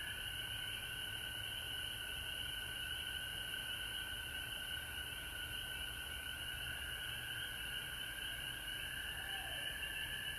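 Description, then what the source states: Frog chorus, a dense continuous trilling mass with steady high bands and a lower droning band running throughout, plus faint low rumble underneath. Frogs recorded at home in Georgia on March 19, 2020.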